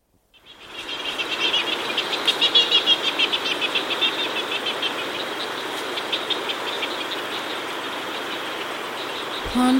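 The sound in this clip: Cook's petrel calling in fast, high, pulsed chatter that swells and then fades into a long run of softer notes, with a constant hiss behind it.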